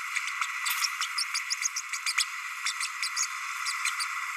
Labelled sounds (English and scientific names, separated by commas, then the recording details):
Green-rumped Parrotlet (Forpus passerinus) babbling
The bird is a male
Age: 30 days
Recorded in a nest box in Venezuela
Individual 17B32A6